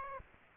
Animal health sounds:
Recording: mosquito wingbeat signal from an infrared sensor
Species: Aedes aegypti

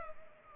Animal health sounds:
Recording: mosquito wingbeat signal from an infrared sensor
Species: Culex pipiens

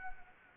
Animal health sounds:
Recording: mosquito wingbeat signal from an infrared sensor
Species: Anopheles arabiensis

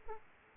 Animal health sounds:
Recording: mosquito wingbeat signal from an infrared sensor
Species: Aedes aegypti

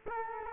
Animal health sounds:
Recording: mosquito wingbeat signal from an infrared sensor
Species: Culex quinquefasciatus

